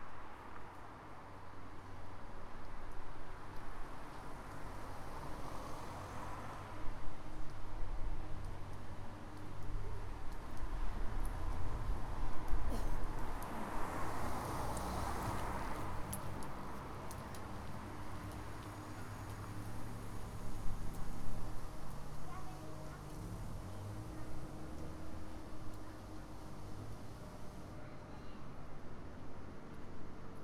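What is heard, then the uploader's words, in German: Children's voices carry along a street on the way to school, mixed with a steady low mechanical rumble from a street sweeper. The rumble swells between about ten and seventeen seconds, with scattered chatter and footsteps throughout. Eine Kehrmaschine hinter dem Bahnhof in Fürth. Viel Kinder auf dem Weg in den Kindergarten und in die Schule und eine Kehrmaschine, die um die selbe Uhrzeit aktiv zu werden scheint.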